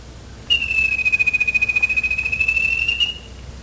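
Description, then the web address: Bird trill: a single steady, fast-pulsed whistled note held level for about two and a half seconds, rising slightly at the end, with quiet background. "BIRD 2015 SABIOD 50 bird 2015"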